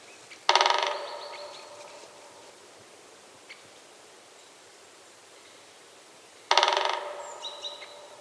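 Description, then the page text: Great spotted woodpecker drumming: two short, sharp rolls about six seconds apart, each fading quickly, with a quiet steady background between them. "Птицы России - Большой пёстрый дятел"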